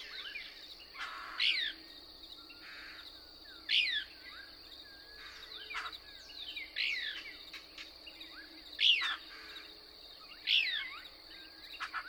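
Couch's Kingbird song: loud, sharp high sweeping notes roughly every two seconds, with softer twitters between and a steady high hum in the background.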